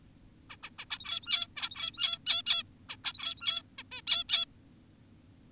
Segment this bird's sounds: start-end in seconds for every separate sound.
0.50-0.56, 0.63-0.70, 0.79-0.85, 0.90-1.47, 1.57-2.19, 2.26-2.42, 2.46-2.63, 2.89-2.96, 3.04-3.62, 3.78-3.83, 3.92-4.02, 4.07-4.24, 4.29-4.46